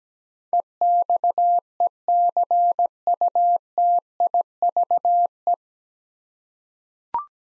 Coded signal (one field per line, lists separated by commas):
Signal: Morse code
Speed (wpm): 17 wpm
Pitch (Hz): 700 Hz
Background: none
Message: EXECUTIVE